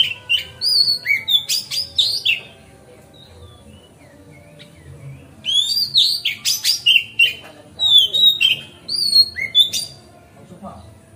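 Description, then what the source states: Magpie-robin song, loud rich whistles and rapid chirps in two lively bursts with a quiet gap between. Masteran (training song) recorded on a terrace.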